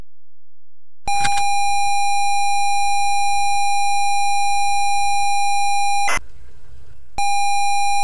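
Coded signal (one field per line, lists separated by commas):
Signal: ZX Spectrum tape loading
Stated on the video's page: ZX Spectrum 48K game loading from datasette tape.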